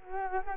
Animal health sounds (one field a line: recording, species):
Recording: mosquito wingbeat signal from an infrared sensor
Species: Culex quinquefasciatus